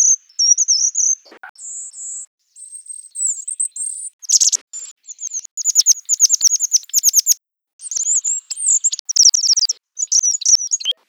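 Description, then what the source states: Bird song: very high, varied whistled phrases with sliding notes, fast rattling trills and sharp clicks, broken by short pauses. Segmented bird song unit.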